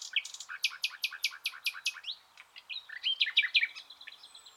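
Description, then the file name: Common nightingale singing a fast series of repeated sharp notes, then a varied run of twittering and whistled phrases. "Luscinia megarhynchos"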